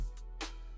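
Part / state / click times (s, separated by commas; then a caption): LED light mount onto tripod clip head / not seated / none. An LED light's mount is pushed onto the grooved clip head of a tripod while music plays in the background, with two brief soft bursts over the steady music. Nothing has seated or clicked yet; there is no audible click.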